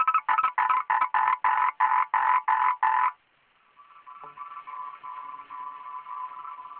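Frog producing about a dozen loud, grating croaks in quick even rhythm over three seconds, followed by a fainter continuous trill.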